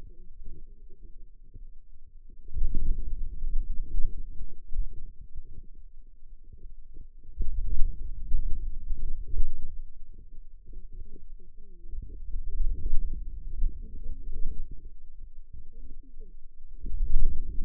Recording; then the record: forearm muscle sounds (acoustic myography)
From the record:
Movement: wrist extension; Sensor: system 2, bracelet of six BSWA MPA416 microphones around the upper forearm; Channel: 6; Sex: female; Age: 21 years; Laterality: right